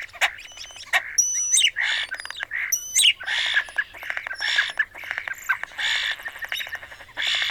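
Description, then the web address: European starling song, a jumble of rapid clicking rattles, wheezy buzzes and thin high whistles delivered in quick bursts. "Songs of Birds of North America Know Your Bird Sounds Common Western Species. European Starling"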